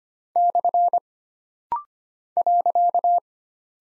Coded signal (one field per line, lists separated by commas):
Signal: Morse code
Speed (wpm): 25 wpm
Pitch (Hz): 700 Hz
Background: none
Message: / .